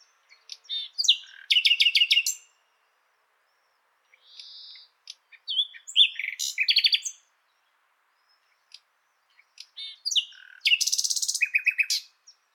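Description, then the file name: Common nightingale song in three phrases, each mixing sharp chirps, rattles and rapid repeated notes, separated by pauses of a few seconds; a soft whistle between. "Luscinia megarhynchos"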